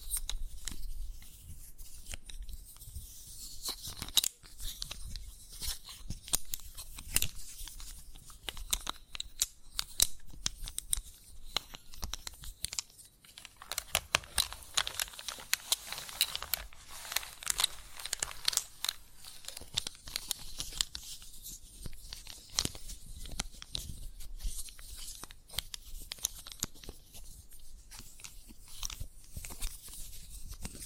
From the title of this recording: Chalk Sounds Tapping, Scratching, Carving